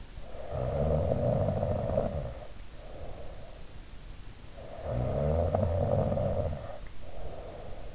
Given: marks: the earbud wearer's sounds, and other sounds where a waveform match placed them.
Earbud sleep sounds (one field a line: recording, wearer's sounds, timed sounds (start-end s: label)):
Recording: sounds in sleep by an in-ear microphone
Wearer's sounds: snoring breath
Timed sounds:
0.06-3.78 s: snoring breath
4.52-7.95 s: snoring breath